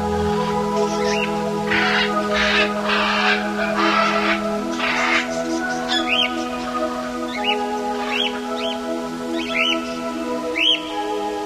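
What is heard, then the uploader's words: Sounds of the Amazon rainforest: a steady, layered drone of insects hums underneath, with a low tone that shifts slightly higher about halfway through. Soft rushing bursts come and go in the first five seconds, then short bright bird chirps repeat every second or so. Sounds of the Amazon rainforest.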